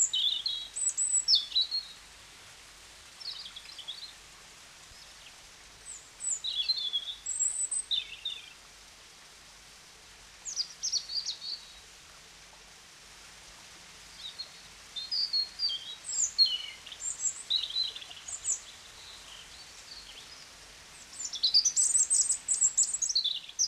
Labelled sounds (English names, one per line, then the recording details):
European Robin song
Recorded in the wild
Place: Locarno, Tessin, CH
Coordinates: 46.1689, 8.78861
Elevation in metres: 214
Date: 1978-03-10
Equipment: Uher 4000 Report
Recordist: Tretzel, Erwin